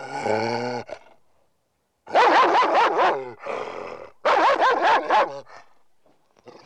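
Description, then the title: Dog giving a drawn-out whining yelp, then two loud volleys of harsh barks separated by a short pause. "NHK Sound Effects Collection - 3-Frogs, Crickets, Cicadas, Horses, Dogs"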